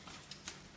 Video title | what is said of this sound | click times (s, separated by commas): Paska & Coca - La pose de parquet flottant pour les nul(le)s ! | Voilà. Alors, il se clipse très facilement. | 0.3 s, 0.5 s